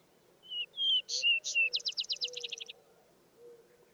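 Vesper sparrow sings one song: a clear whistled pair, higher emphatic notes, then a quick rattled trill; soft low humming tones in the background.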